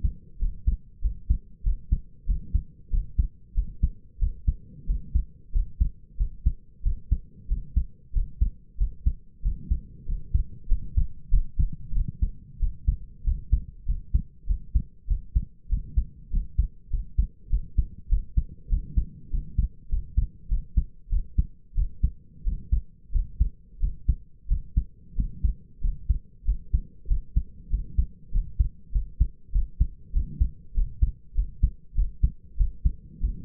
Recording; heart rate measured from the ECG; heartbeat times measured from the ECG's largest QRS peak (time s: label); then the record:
heart sounds by stethoscope; 95 bpm
0.39 s: heartbeat
1.01 s: heartbeat
1.63 s: heartbeat
2.26 s: heartbeat
2.90 s: heartbeat
3.54 s: heartbeat
4.19 s: heartbeat
4.86 s: heartbeat
5.52 s: heartbeat
6.17 s: heartbeat
6.82 s: heartbeat
7.48 s: heartbeat
8.12 s: heartbeat
8.77 s: heartbeat
9.42 s: heartbeat
10.05 s: heartbeat
10.68 s: heartbeat
11.30 s: heartbeat
11.93 s: heartbeat
12.59 s: heartbeat
13.23 s: heartbeat
13.85 s: heartbeat
14.46 s: heartbeat
15.07 s: heartbeat
15.68 s: heartbeat
16.30 s: heartbeat
16.90 s: heartbeat
17.49 s: heartbeat
18.08 s: heartbeat
18.69 s: heartbeat
19.30 s: heartbeat
19.89 s: heartbeat
20.48 s: heartbeat
21.09 s: heartbeat
21.75 s: heartbeat
22.44 s: heartbeat
23.11 s: heartbeat
23.79 s: heartbeat
24.48 s: heartbeat
25.15 s: heartbeat
25.80 s: heartbeat
26.44 s: heartbeat
27.07 s: heartbeat
27.69 s: heartbeat
28.31 s: heartbeat
28.92 s: heartbeat
29.52 s: heartbeat
30.12 s: heartbeat
30.74 s: heartbeat
31.34 s: heartbeat
31.95 s: heartbeat
32.57 s: heartbeat
33.20 s: heartbeat
From the record:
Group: healthy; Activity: rest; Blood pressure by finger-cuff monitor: 94/58 mmHg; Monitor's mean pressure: 69 mmHg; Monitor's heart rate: 95 bpm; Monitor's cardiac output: 6.7 L/min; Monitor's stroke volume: 71 mL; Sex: male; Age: 22 years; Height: 181 cm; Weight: 60 kg